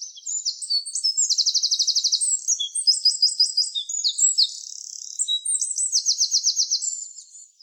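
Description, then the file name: Eurasian wren singing an energetic, high-pitched stream of sharp notes broken by several rapid rattling trills, running almost without pause for over seven seconds. "Troglodytes troglodytes"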